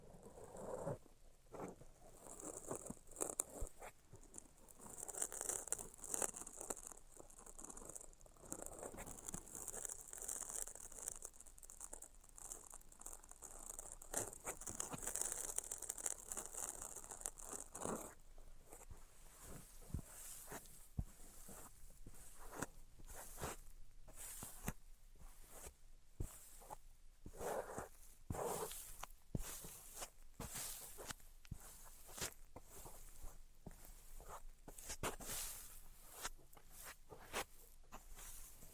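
Tapping and scratching sounds, with soft continuous tracing in the first half giving way to sharp, irregular taps that grow more frequent after twenty seconds.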